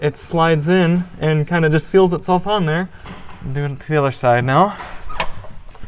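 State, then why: Seated. A Truxedo Sentry CT tonneau cover's side rail is forced onto the second side of a 2022 Ford Maverick's pickup bed rail while someone talks. A sharp click at 5.2 s marks the rail clamp seating fully home, unlike the first side, which only half clicked.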